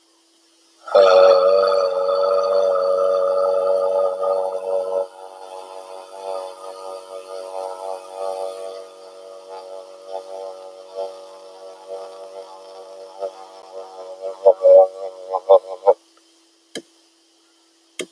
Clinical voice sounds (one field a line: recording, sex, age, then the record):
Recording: vowel held as long as possible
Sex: male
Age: 18 to 19 years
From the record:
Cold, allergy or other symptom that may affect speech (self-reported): no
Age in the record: 18 years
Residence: Georgia, United States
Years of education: 11